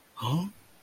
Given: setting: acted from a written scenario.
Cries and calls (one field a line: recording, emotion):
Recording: vocal sound without words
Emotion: confusion